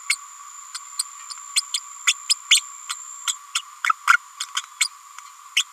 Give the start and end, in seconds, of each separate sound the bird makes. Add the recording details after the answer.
0.09-0.16, 0.74-0.79, 0.98-1.04, 1.29-1.34, 1.55-1.62, 1.74-1.77, 2.07-2.13, 2.29-2.34, 2.50-2.60, 2.89-2.94, 3.27-3.34, 3.54-3.62, 3.86-3.93, 4.07-4.17, 4.40-4.45, 4.80-4.88, 5.56-5.64. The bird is a female. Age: 30 days. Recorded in a nest box in Venezuela. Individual 17B102A6